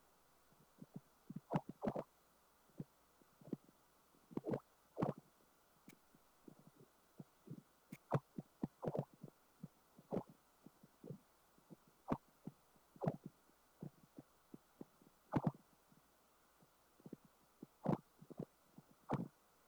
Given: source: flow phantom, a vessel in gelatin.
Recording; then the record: Doppler ultrasound of air bubbles in flowing water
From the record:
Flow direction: perpendicular to the transducer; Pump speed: changing at random every second, 150 to 250 rpm (540 to 900 mL/min); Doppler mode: pulsed wave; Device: 7 MHz transducer